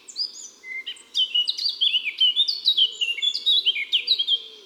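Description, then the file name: Eurasian blackcap song: brisk, varied warbling of sweet whistled notes and quick chatters, running almost continuously, with faint low arched notes beneath. Song; woods and forests. "Fauvette a tete noire Chants doiseaux des bois et des forets"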